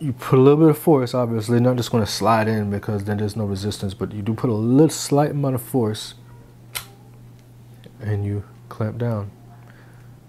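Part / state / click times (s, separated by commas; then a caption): memory module into laptop slot retention clips / seated / 6.8 s. Someone talks while an angled RAM module is pressed down with slight force into a laptop memory slot. A sharp click at 6.8 s marks the side retention clips catching the module and latching it down, followed by a few faint small sounds. The module is seated.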